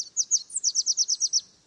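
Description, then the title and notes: Red Warbler song: a quick series of high, thin, downslurred notes, evenly spaced and bright, lasting just over a second. Sung only on sunny mornings during the breeding season, February to May; endemic to Mexican highlands, in humid pine, oak and fir forests. "Red Warblers only sing on sunny mornings during the breeding season"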